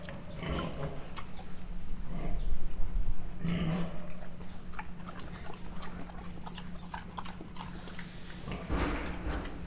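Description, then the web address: Mangalica pig grunting in a few deep, rough bursts, with a loud spell in the first half and another near the end, over a low steady hum. Standard Mangalica pig grunting, recorded close up at Miskolc Zoo in 2009. "allathangok miskolcizoo 2009 standardt mangalica rofogeskozelrol"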